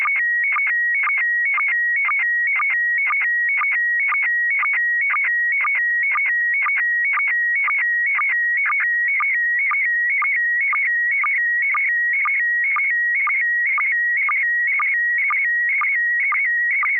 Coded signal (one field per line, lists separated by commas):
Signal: SSTV (slow-scan television)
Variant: PD 120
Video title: N6NA SSTV Net - 12/31/2025